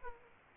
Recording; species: mosquito wingbeat signal from an infrared sensor; Aedes aegypti